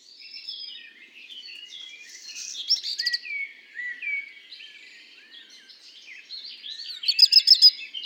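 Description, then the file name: Black redstart song, scratchy crackling bursts near the middle and a louder one at the end, over a continuous mellow warbling from a blackbird. Singing alongside common blackbird song; recorded at Le Puech on 5 June 2021. "chant de rougequeue noir de merle noir Le Puech"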